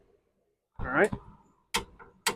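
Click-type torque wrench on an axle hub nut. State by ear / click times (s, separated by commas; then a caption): torque reached / 1.8 s, 2.3 s. A click-type torque wrench tightens the big axle hub nut to 92 ft-lb on a 2008 Sentra during a front wheel bearing replacement, with the brake held. Someone talks, then the wrench gives sharp clicks at 1.8 s and 2.3 s, confirming the nut has reached torque.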